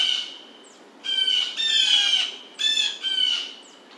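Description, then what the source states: Blue jay uttering loud, rasping jeer calls: a short one, then one drawn-out and slightly falling, followed by two shorter harsh squawks. Recorded 2009-07-27.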